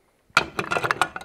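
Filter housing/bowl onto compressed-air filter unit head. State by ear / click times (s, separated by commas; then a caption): seated / 0.4 s. After a new fine-filter cartridge is inserted in the second stage of a compressed-air filter unit, the filter housing (bowl) is fitted back onto the unit head and locked. It snaps on with a loud clack at 0.4 s, followed by several quieter clicks and knocks up to about 1.2 s. The housing is seated.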